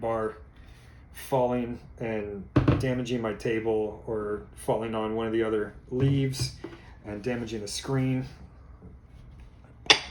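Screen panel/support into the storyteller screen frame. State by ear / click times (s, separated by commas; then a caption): seated / 9.9 s. A panel or support piece of a wooden tabletop storyteller screen (Vampire Edition, Death Style, by Dog Might Games) is pushed into position in the screen frame while someone talks. It snaps home with a single sharp click at 9.9 s, and someone immediately calls it a good, solid click. The panel is seated.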